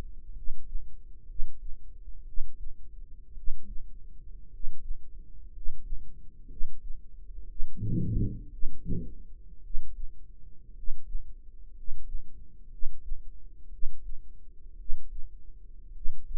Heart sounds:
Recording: heart sounds by microphone in the right ear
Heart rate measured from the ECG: 58 bpm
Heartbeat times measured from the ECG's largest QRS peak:
0.31 s: heartbeat
1.25 s: heartbeat
2.23 s: heartbeat
3.32 s: heartbeat
4.48 s: heartbeat
5.49 s: heartbeat
6.46 s: heartbeat
7.45 s: heartbeat
8.48 s: heartbeat
9.59 s: heartbeat
10.72 s: heartbeat
11.71 s: heartbeat
12.67 s: heartbeat
13.68 s: heartbeat
14.75 s: heartbeat
15.91 s: heartbeat
From the record:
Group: healthy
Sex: male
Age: 25 years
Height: 170 cm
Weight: 70.4 kg

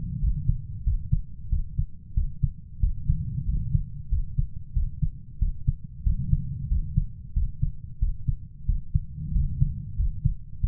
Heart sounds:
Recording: heart sounds by stethoscope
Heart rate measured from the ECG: 92 bpm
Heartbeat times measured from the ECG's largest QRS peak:
0.23 s: heartbeat
0.86 s: heartbeat
1.52 s: heartbeat
2.17 s: heartbeat
2.83 s: heartbeat
3.48 s: heartbeat
4.12 s: heartbeat
4.76 s: heartbeat
5.41 s: heartbeat
6.06 s: heartbeat
6.71 s: heartbeat
7.36 s: heartbeat
8.02 s: heartbeat
8.68 s: heartbeat
9.35 s: heartbeat
9.99 s: heartbeat
10.63 s: heartbeat
From the record:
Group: healthy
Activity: rest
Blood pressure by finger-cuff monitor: 149/73 mmHg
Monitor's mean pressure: 94 mmHg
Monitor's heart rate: 92 bpm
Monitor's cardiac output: 8.5 L/min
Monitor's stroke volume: 91 mL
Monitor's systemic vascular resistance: 810 dyn s/cm5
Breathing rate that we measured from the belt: 19 breaths a minute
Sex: male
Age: 21 years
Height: 175 cm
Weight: 72.6 kg

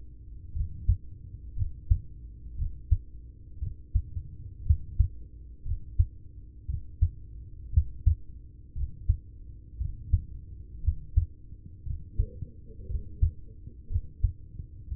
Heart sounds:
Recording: heart sounds by stethoscope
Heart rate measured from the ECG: 59 bpm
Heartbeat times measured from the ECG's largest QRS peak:
0.52 s: heartbeat
1.53 s: heartbeat
2.55 s: heartbeat
3.59 s: heartbeat
4.62 s: heartbeat
5.62 s: heartbeat
6.65 s: heartbeat
7.70 s: heartbeat
8.72 s: heartbeat
9.77 s: heartbeat
10.80 s: heartbeat
11.82 s: heartbeat
12.86 s: heartbeat
13.87 s: heartbeat
14.88 s: heartbeat
From the record:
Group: heart failure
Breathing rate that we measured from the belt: 20 breaths a minute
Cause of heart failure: ischemic heart disease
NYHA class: 1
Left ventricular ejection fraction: 33%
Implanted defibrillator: present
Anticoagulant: apixaban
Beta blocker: carvedilol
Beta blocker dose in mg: 18.75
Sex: male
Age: 39 years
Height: 168 cm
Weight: 72 kg

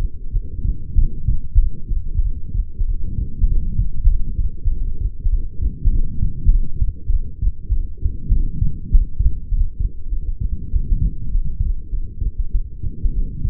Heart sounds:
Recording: heart sounds by stethoscope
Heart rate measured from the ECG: 98 bpm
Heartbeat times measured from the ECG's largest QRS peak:
0.32 s: heartbeat
0.96 s: heartbeat
1.58 s: heartbeat
2.21 s: heartbeat
2.85 s: heartbeat
3.46 s: heartbeat
4.07 s: heartbeat
4.68 s: heartbeat
5.29 s: heartbeat
5.90 s: heartbeat
6.50 s: heartbeat
7.10 s: heartbeat
7.70 s: heartbeat
8.30 s: heartbeat
8.89 s: heartbeat
9.48 s: heartbeat
10.09 s: heartbeat
10.70 s: heartbeat
11.29 s: heartbeat
11.89 s: heartbeat
12.51 s: heartbeat
13.13 s: heartbeat
From the record:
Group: healthy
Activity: light exercise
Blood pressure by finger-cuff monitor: 113/73 mmHg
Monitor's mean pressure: 86 mmHg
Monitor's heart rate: 98 bpm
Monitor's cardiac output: 8.1 L/min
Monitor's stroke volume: 83 mL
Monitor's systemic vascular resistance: 780 dyn s/cm5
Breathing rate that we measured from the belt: 24 breaths a minute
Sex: female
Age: 22 years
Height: 160 cm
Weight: 45 kg

